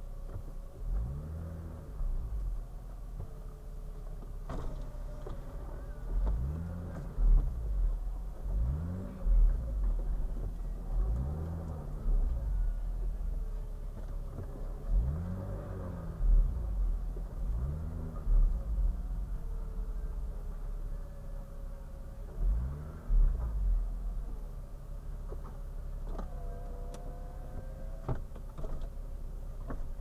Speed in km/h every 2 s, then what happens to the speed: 3, 1, 2, 2, 0, 3, 0, 3, 4, 2, 1, 0, 0, 0, 0.
1-13 standing. 13-18 steady at about 3. 18-30 standing.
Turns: none.